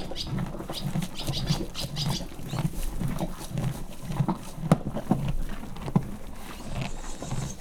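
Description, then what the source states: Horse chewing in rapid crunching bursts, a few sharp clicks later. Farmyard; horse eating corn and stamping with its foot.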